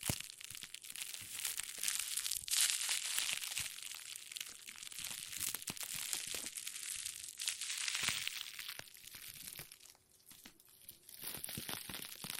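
Plastic crinkles in dense, crackling bursts, bright and hissy, with sharp snaps throughout and a brief quieter lull near the tenth second.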